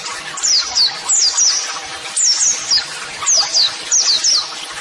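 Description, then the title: White-eye song in short bursts of sweet, high downslurred twitters, each burst lasting under a second with brief quieter gaps between. Vigorously singing (gacor) white-eye; Indonesian master-song therapy meant to prompt caged birds to answer. "Pleci Gacor. JAMIN LANGSUNG NYAUT MASTERAN AUDIO TERAPI PLECI TERBARU"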